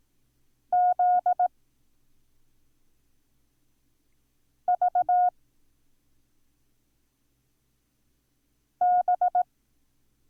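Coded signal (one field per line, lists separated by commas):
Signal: Morse code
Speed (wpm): 18 wpm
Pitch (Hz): 720 Hz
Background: none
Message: Z V B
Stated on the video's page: Morse code lesson introducing the letters B, Z and V.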